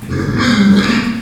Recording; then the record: squeal of a Yucatan mini pig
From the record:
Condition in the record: after surgery on the right vocal fold (resection and tissue-engineered implant); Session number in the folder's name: 13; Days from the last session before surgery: 113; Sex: female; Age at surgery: 19 weeks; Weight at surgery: 25 kg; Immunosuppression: prednisolone